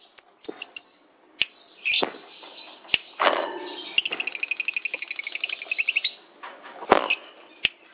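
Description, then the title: Lovebird song with harsh, squeaky chatter, then a quick rattling series of high, evenly spaced chirps, followed by more scattered sharp notes. National champion lovebird, chirping song. "Kicau Burung LoveBird - Suara LoveBird Juara Nasional"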